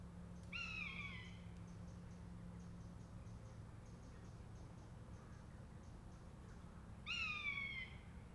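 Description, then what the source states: Buzzard giving two loud falling mews, one at the start and one near the end, with faint rapid ticking and a low hum between. A pair of buzzards.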